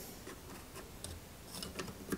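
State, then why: Not seated. The upper part of a plastic timing-belt cover is handled over the engine of a 1/8 scale Toyota Supra model, giving a few light plastic ticks and taps over a quiet background. The cover has not clipped on or seated yet.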